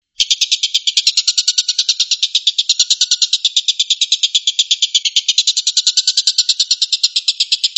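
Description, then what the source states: Stork-billed kingfisher with a continuous grating chatter of fast, even pulses, starting abruptly and holding the same harsh tone throughout. Tengkek buto giving the "tembakan" (shooting) call style.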